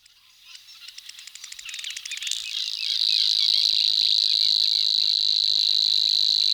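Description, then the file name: River warbler song, a dry insect-like pulsed buzz that swells over three seconds into a steady, sustained high reeling. "Fr meaux Nature - Locustelle Fluviatile"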